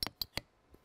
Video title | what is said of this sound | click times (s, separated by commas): In the Kitchen with David - November 17, 2018 | YOU HEAR IT. HEAR THAT CLICK. | 0.0 s, 0.2 s, 0.4 s